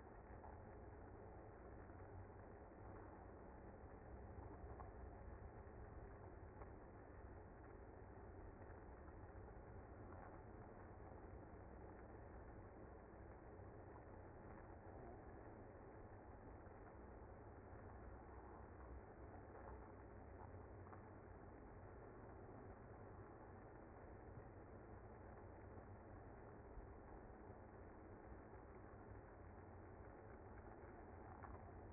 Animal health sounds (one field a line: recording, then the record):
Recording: honeybee colony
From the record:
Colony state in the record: active